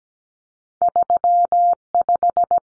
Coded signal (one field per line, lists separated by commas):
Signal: Morse code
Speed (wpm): 17 wpm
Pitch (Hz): 700 Hz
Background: none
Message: 35